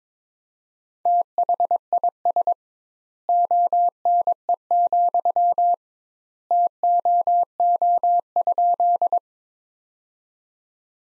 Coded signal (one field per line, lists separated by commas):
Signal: Morse code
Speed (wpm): 22 wpm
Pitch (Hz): 700 Hz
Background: none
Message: THIS ONE, TOO?